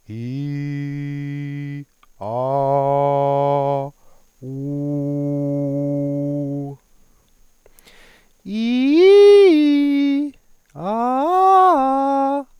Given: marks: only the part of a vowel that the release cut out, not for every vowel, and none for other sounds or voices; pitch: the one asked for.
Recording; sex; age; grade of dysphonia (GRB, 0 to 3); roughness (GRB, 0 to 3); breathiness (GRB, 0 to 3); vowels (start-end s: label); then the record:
sustained vowels; male; 20 to 29 years; 0; 0; 0
0.36-1.73 s: vowel /i/, low pitch
2.44-3.76 s: vowel /a/, low pitch
4.66-6.55 s: vowel /u/, low pitch
8.69-10.13 s: vowel /i/, low-high-low pitch
10.98-12.27 s: vowel /a/, low-high-low pitch
From the record:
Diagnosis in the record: healthy voice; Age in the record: 20 years